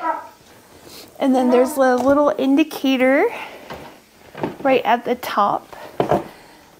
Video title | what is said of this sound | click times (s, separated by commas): Moving the Kittens into Their New Home | that lets you know it's been locked into place | 6.0 s